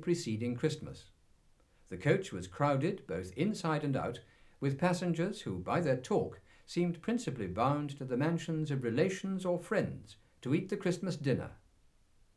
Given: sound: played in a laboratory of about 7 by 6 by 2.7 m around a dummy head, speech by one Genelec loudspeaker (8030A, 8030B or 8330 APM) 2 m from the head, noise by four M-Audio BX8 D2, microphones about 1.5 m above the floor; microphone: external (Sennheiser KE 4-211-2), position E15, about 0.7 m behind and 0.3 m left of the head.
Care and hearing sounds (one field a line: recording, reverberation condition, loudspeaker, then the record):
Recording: male speech in English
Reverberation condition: low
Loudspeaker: behind (180 degrees)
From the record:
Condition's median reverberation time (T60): about 310 ms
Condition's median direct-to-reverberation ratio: about 3.5 dB